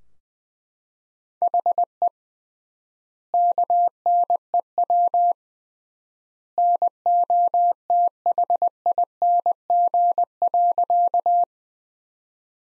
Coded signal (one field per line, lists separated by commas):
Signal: Morse code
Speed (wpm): 20 wpm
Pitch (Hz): 700 Hz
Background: none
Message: HE KNEW NOTHING.